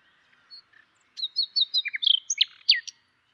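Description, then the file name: Common nightingale singing a brief phrase of sharp whistled notes and quick rising and falling slurs after a few soft opening sounds. "Luscinia megarhynchos"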